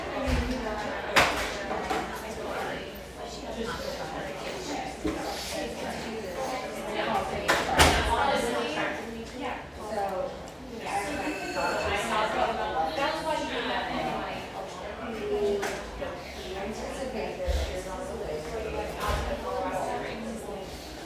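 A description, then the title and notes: A humming café near the beach north of San Diego, filled with overlapping chatter from many voices at a steady, dense level. Sharp clinks of dishes or cutlery stand out near the start and around eight seconds, with a faint low hum underneath throughout. Humming café, settled near the beach just north of San Diego.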